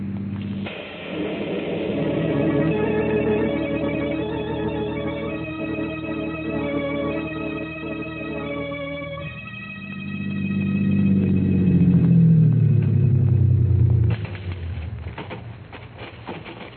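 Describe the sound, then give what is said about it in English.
A car's steady engine roar drones on in the dark as a storm comes up, with a low, humming tone, then swells louder and sweeps downward in pitch as the car slows, before fading to a rumble. “There, the other car's turning off.”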